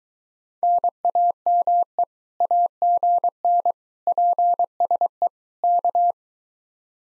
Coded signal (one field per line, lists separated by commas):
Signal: Morse code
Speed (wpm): 23 wpm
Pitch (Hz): 700 Hz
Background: none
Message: NAME AGN PSE K